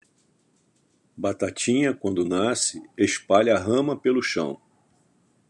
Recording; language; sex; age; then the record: short text; Brazilian Portuguese; male; 70 to 79 years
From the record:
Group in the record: control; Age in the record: 70 years